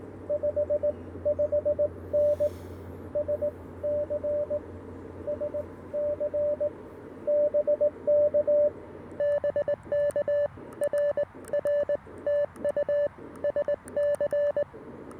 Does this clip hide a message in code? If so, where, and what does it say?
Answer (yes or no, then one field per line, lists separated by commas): yes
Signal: Morse code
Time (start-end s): 0.3-14.6 s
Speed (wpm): 19 wpm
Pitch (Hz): 590 Hz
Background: radio noise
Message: 55N SC SC BK BK RR TU SC